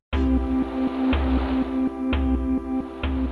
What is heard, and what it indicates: Sensors on the patient's body detect vital signs, and that makes the data into sound. Heart rate controls the tempo, temperature determines the notes, and skin sweat drives the melody. Biomusic is being looked at as a way for nonverbal autistic children to express themselves. Here's a calm state of mind.